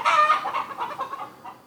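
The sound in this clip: Chicken clucking, a quick series of short throaty notes that grow softer toward the end.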